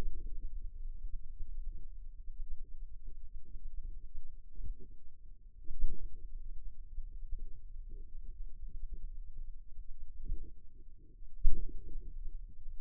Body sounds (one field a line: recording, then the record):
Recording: forearm muscle sounds (acoustic myography)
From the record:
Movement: finger pinch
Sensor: system 2, bracelet of six BSWA MPA416 microphones around the upper forearm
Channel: 1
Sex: female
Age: 23 years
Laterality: right